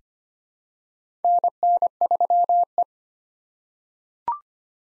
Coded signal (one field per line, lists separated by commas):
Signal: Morse code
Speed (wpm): 25 wpm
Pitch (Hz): 700 Hz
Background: none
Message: NN3E